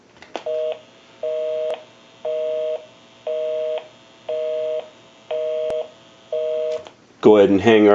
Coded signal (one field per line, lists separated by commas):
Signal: telephone call progress tone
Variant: North America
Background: speech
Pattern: busy tone